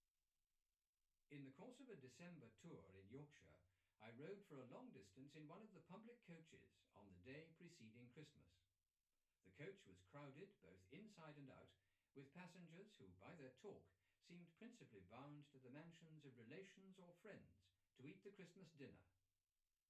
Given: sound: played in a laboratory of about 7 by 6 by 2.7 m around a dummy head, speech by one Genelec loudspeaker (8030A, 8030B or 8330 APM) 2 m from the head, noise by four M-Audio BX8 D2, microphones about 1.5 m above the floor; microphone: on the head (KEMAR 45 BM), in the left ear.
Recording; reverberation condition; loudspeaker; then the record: male speech in English; low; 120 degrees to the right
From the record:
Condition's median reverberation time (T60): about 310 ms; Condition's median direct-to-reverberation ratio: about 3.5 dB